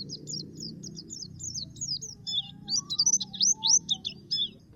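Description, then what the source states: Common nightingale song: rapid runs of high, sharp chirping notes, some slurred and buzzy, delivered in quick irregular bursts over a low steady hum. Masteran recording, song used to train pet songbirds to sing.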